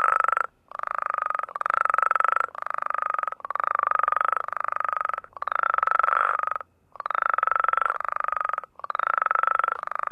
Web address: Songs of Frogs Toads of North America. New Mexico Spadefoot